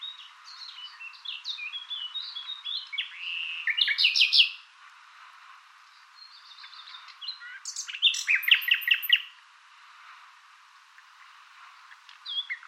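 Bird calls: varied high chirps and trills in two loud bursts around four and eight seconds, with softer twittering notes between and after.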